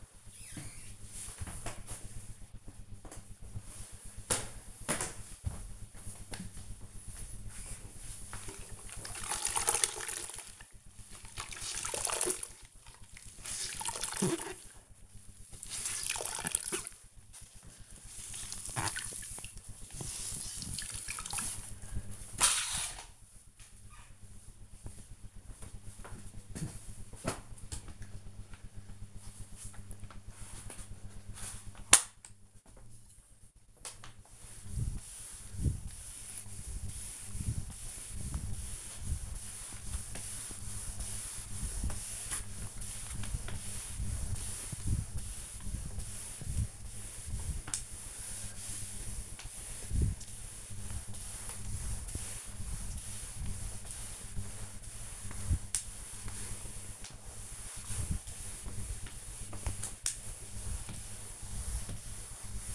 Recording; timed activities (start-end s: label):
household activities, microphone on the right wrist
7.44-62.75 s: floor cleaning